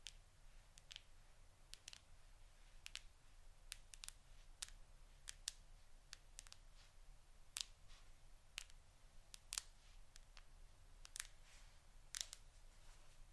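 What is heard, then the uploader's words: Acrylic nails tap a phone screen in quick, crisp clicks at an uneven pace, bright over a low steady hum. ASMR Tingly Acrylic Nail Tapping On Phone Screen.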